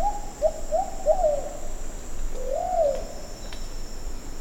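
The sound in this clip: Plumbeous pigeon cooing, three short clipped coos in quick succession, a pause, then a longer drawn-out coo, with constant high-pitched insect buzz behind.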